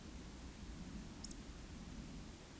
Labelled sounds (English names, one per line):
Eurasian Woodcock whistle